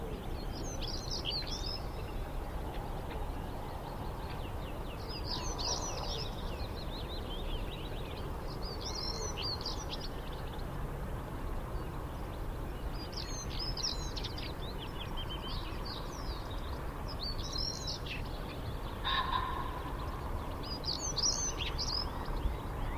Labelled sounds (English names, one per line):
European Stonechat